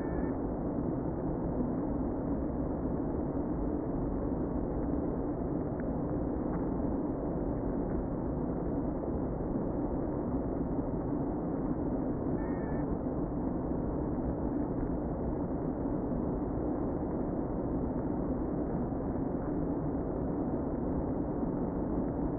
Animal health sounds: honeybee colony, microphone inside the hive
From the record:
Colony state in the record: queen present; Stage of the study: before two queens were removed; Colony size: about 60,000 bees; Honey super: yes

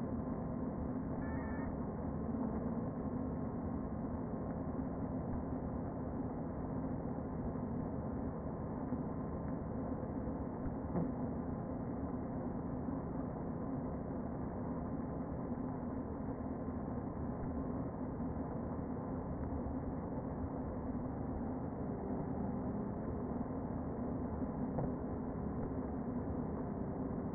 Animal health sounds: honeybee colony, microphone inside the hive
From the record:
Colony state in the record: queen present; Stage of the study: before two queens were removed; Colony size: about 60,000 bees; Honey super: yes

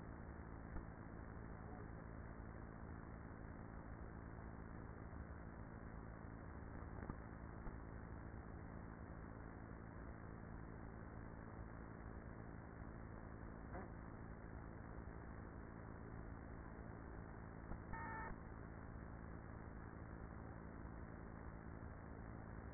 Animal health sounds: honeybee colony, microphone inside the hive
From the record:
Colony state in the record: queenless with a low population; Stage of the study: after two queens were removed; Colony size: about 30,000 bees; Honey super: no

